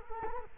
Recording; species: mosquito wingbeat signal from an infrared sensor; Culex quinquefasciatus